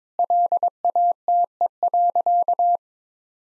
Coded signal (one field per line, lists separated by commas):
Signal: Morse code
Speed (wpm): 22 wpm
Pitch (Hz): 700 Hz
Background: none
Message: LATE.